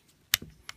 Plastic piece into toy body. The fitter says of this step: there you go and you'll hear it click into place just like that